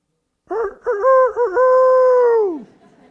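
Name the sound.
rooster crowing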